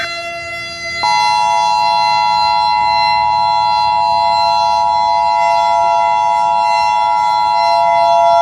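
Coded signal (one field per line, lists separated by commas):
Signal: Emergency Alert System (SAME) tones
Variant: 853 and 960 Hz attention tone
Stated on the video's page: Fictional alert scenario; tones may or may not be valid.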